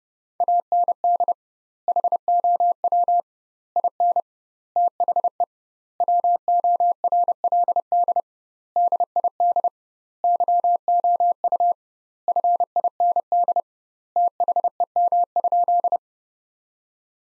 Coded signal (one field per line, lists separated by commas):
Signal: Morse code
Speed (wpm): 30 wpm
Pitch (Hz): 700 Hz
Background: none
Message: AND HOW IN THE WORLD DID YOU FIND THEM?